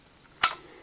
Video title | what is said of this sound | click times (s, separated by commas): Samurai Gattai DX Shinken-Oh Review | lock here and you just pull it up and then it can be unlocked | 0.4 s